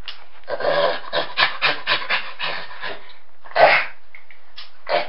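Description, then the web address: Capuchin monkeys giving harsh, raspy cries in a rapid run of pulses, then a louder shriek and a few short squeaky calls after a pause. Cries of mischievous capuchin monkeys. "le cri de singes espiegles les cris des capucins"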